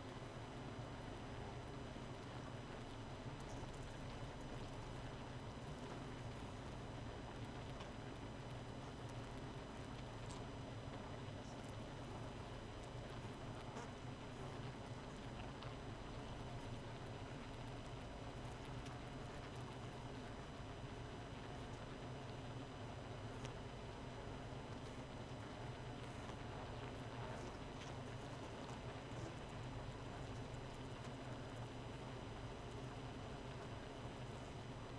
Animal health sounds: honeybee colony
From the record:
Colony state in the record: missing queen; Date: 31 May 2018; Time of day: 0:12

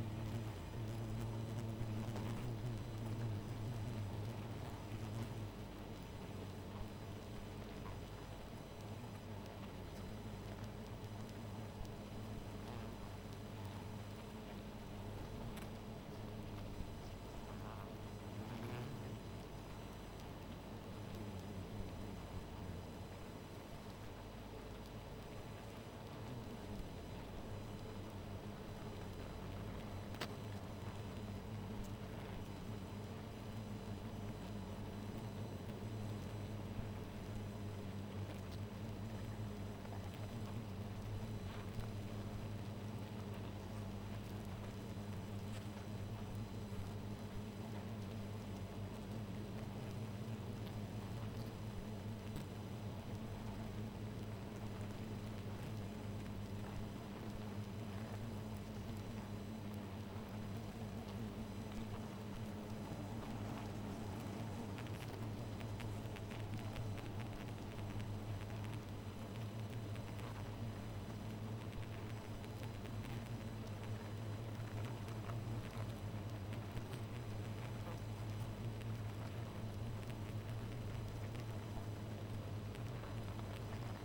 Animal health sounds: honeybee colony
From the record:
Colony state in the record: missing queen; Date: 14 July 2017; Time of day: 2:46

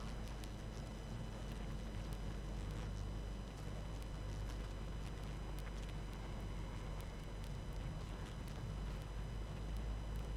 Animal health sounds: honeybee colony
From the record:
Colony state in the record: active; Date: 12 June 2018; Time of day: 19:34

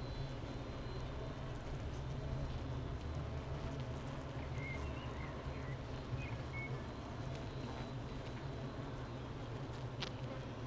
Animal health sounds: honeybee colony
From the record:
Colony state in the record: missing queen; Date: 31 May 2018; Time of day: 8:57

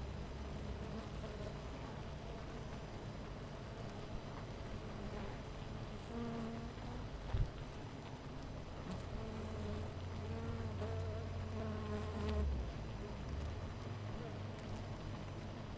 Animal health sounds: honeybee colony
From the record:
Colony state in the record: missing queen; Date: 14 July 2017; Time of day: 10:02

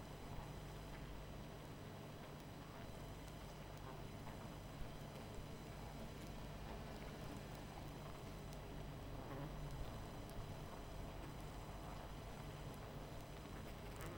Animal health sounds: honeybee colony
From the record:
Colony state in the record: missing queen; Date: 14 July 2017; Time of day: 21:32

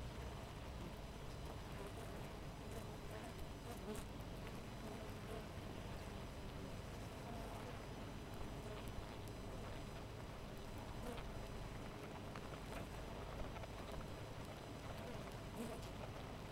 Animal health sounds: honeybee colony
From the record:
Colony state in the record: missing queen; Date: 14 July 2017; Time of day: 5:55

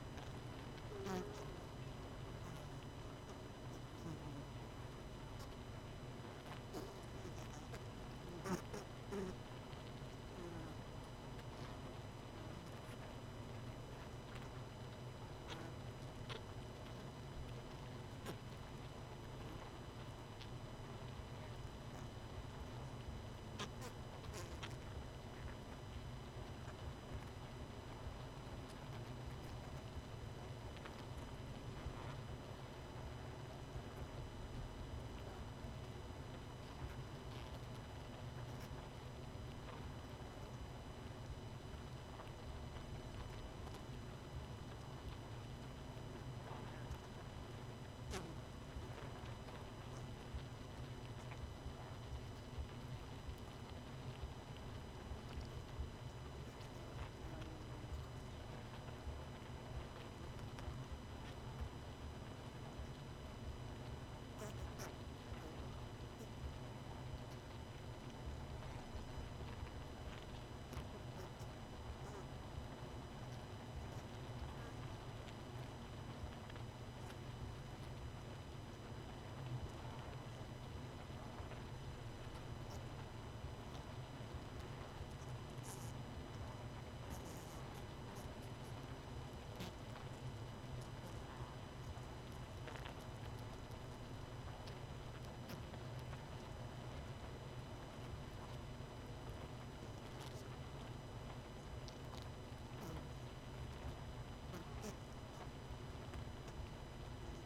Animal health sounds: honeybee colony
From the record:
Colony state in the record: missing queen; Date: 31 May 2018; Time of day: 20:44

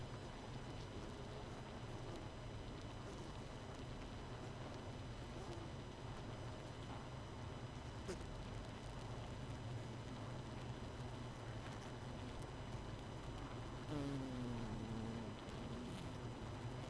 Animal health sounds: honeybee colony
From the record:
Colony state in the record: missing queen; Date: 31 May 2018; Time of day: 22:30

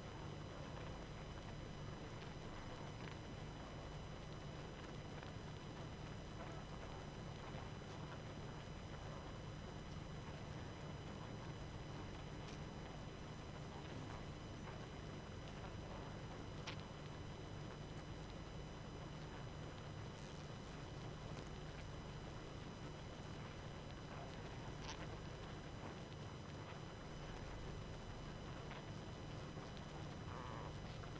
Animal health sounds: honeybee colony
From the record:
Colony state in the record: active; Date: 12 June 2018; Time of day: 23:32

